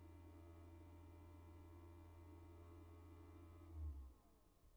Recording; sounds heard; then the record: poultry house recording; no chicken sound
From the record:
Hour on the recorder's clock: 13